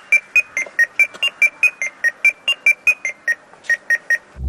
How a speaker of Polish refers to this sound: No i ja mówię, no po co nagrywać, jak YouTube jest pełen takich rzeczy, bo sam widziałem, jak ktoś tam gra na domofonie.